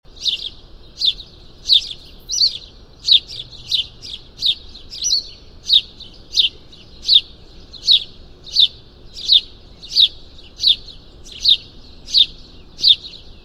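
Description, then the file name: House sparrow chirping repeatedly, sharp bright notes about every 0.7 seconds, with extra chirps crowded in during the first few seconds; otherwise quiet. "Passer domesticus"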